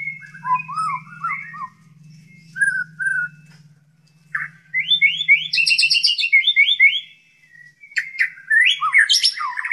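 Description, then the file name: White-rumped shama song: varied whistled phrases, then fast repeated buzzy notes around the middle, with a low steady hum beneath the first six seconds. Shama song imitating canary and kingfisher (tengkek) phrases, the 'tembakan' style. "murai batu tembakan kenari tengkek"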